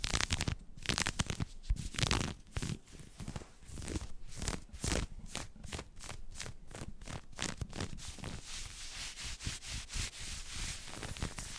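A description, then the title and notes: Fingernails scratch on fabric in quick, bright strokes, busy and irregular at first, then settling into a steadier rhythmic rasp. ASMR Fabric Sounds, Scratching on Leggings, Shorts, Pants.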